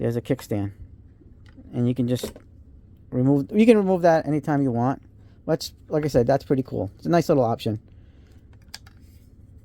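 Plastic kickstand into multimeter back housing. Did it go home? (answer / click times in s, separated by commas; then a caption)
yes / 8.7 s. Someone talks while a removable plastic kickstand is pushed back onto the back housing of a Doyle multimeter and NCV tester with an infrared thermometer. After the talking stops, a few faint ticks lead into a crisp snap at 8.7 s, and the kickstand is seated.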